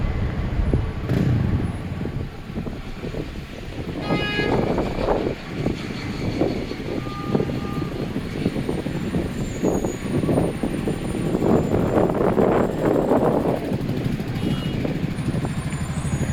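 Friday-afternoon city traffic rumbles steadily and low, with passing trucks and cars, a brief air-brake hiss near four seconds, and high tones.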